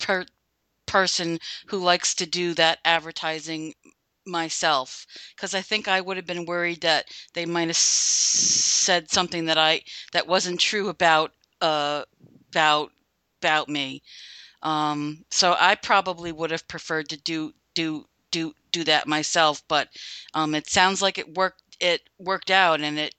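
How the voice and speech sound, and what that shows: An adult speaks conversationally in a mid-pitched voice, with steady phrasing, clear consonants and natural pauses. A few everyday repeated words and 'um' fillers are normal conversational hesitations. This is ordinary fluent speech with no sign of a speech disorder.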